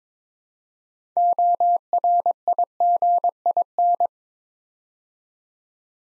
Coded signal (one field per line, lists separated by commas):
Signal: Morse code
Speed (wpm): 22 wpm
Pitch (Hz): 700 Hz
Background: none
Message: ORIGIN